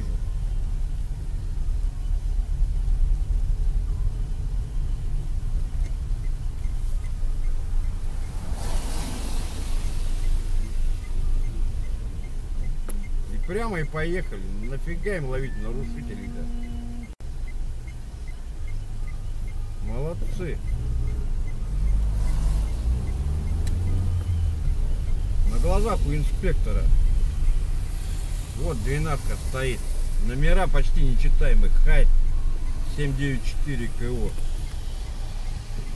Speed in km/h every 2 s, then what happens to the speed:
15, 14, 15, 11, 5, 0, 0, 0, 0, 0, 0, 0, 17, 16, 14, 9, 8, 5.
0-5 steady at about 15. 5-9 brakes to 0. 9-22 standing.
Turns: none.